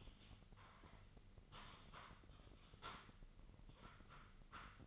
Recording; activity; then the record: daily activity, microphone in the room; typing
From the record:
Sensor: 4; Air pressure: 1008.4 hPa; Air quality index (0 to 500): 82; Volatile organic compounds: 1 ppm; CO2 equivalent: 652 ppm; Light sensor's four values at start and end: 16/37/15/15 and 16/37/15/15